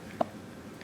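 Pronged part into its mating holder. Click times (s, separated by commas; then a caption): 0.2 s. During unboxing, a part's prongs are pushed into their mating holder, and a single sharp click at 0.2 s shows it has seated. Fainter ticks are heard around 0.1 s and 0.8 s against a quiet background.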